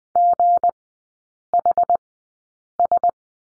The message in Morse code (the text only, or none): GHS